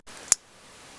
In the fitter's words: I'll know it's secure when I hear it click into place hear it click